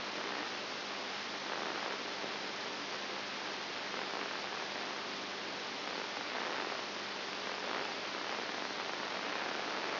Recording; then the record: brain microelectrode recording played as sound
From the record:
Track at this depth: outside the subthalamic nucleus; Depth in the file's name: 6.7 mm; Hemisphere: right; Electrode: 2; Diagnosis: Parkinson's disease